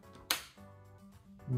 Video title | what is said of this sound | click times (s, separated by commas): Saving My Vintage Nintendo Switch! | Ooh, that was a nice snap into place. | 0.3 s